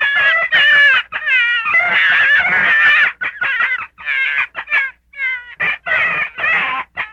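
Gray fox calling in a rapid, chattering run of quavering squeals, loud and dense at first, then broken into shorter yelps.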